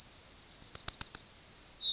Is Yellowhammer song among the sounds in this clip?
yes